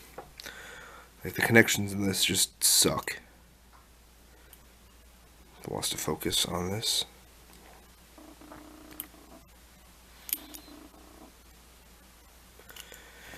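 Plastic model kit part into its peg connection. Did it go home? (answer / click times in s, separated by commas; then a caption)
no / none. Someone talks while a part of a plastic Gundam Tryon 3 Gunpla model kit is pushed onto its peg joint, with a few faint light taps and handling ticks between the speech. The part just goes in and sits there on the loose connection, and nothing has clicked or seated.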